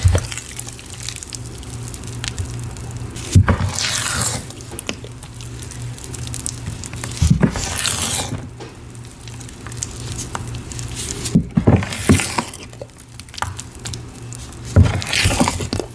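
Powdered cornstarch and chalk are sifted and mixed, giving a soft, dense patter and crackle that runs through the whole clip. Brighter, rushing swells of sifting rise around four, eight, twelve and fifteen seconds, over a steady low hum.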